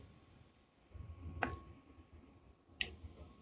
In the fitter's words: I heard a click.